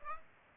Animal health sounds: mosquito wingbeat signal from an infrared sensor; Aedes aegypti

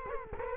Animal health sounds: mosquito wingbeat signal from an infrared sensor; Culex quinquefasciatus

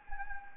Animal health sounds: mosquito wingbeat signal from an infrared sensor; Anopheles gambiae

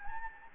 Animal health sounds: mosquito wingbeat signal from an infrared sensor; Anopheles gambiae

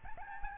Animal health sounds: mosquito wingbeat signal from an infrared sensor; Aedes albopictus

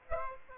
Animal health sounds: mosquito wingbeat signal from an infrared sensor; Aedes aegypti

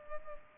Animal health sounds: mosquito wingbeat signal from an infrared sensor; Culex pipiens

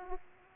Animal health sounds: mosquito wingbeat signal from an infrared sensor; Aedes aegypti

